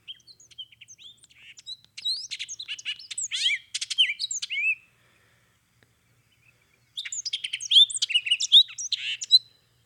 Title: hooded oriole